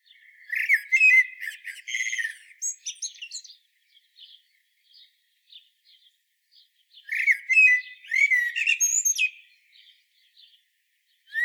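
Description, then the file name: Common blackbird singing two mellow, whistled phrases that break into thin, scratchy twittering, with a long quiet gap between them. "Turdus merula"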